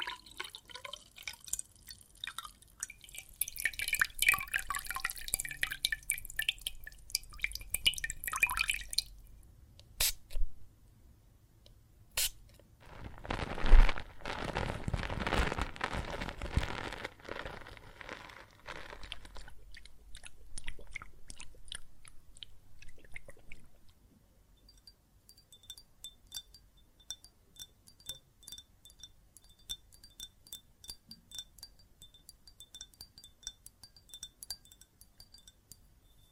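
Water and soap foam crackle and fizz in dense bursts, loudest around 13–16 seconds, fading into sparse faint drips and clinks after 24 seconds.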